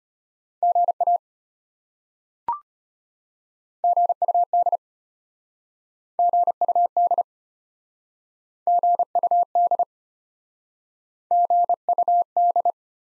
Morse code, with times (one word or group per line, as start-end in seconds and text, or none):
0.6-1.2 GA
3.8-4.8 GUD
6.2-7.2 GUD
8.7-9.8 GUD
11.3-12.7 GUD